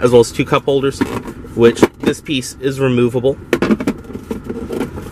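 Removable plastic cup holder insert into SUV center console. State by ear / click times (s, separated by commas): seated / 4.5 s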